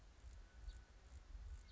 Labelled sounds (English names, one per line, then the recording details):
House Finch
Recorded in Sonoma County, California